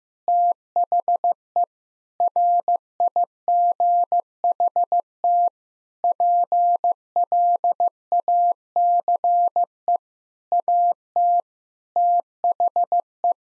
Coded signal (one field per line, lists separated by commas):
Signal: Morse code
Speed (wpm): 15 wpm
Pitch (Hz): 700 Hz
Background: none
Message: THE RIGHT PLACE AT THE